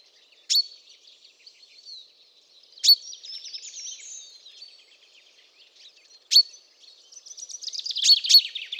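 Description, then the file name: Common chaffinch: a few sharp, abrupt notes over softer twittering and trilling that grows busier toward the end. "Fringilla coelebs"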